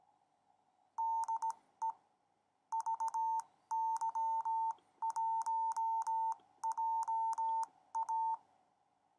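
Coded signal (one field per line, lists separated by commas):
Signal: Morse code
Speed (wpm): 18 wpm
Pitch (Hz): 900 Hz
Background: none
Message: DE VY1JA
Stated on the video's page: Simulated CW QSO from an iOS/iPhone simulator app, random call sign mode.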